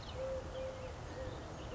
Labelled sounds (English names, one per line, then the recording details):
Eurasian Collared Dove
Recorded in Sonoma County, California